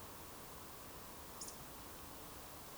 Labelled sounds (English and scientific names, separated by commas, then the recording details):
Eurasian Woodcock (Scolopax rusticola) whistle
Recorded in Baden-Württemberg, Germany, on 12 June 2020 at 20:32 UTC
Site 43791, 788 m above sea level